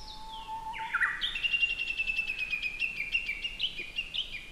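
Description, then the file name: Japanese bush warbler song: a long, low, steady whistle sweeps up into a fast run of sharp, high repeated notes that keeps going to the end. Recorded at Norikura, Japan, on 5 July 2019. "20190705-norikura bush warbler"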